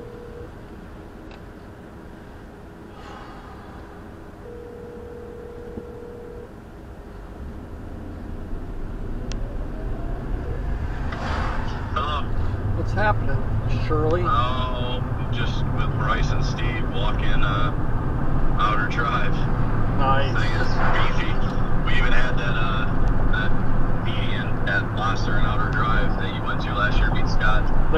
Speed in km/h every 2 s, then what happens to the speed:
0, 0, 0, 0, 19, 31, 39, 47, 53, 58, 61, 60, 58, 56.
0-6 standing. 6-20 pulls away to 61. 20-28 steady at about 58.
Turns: none.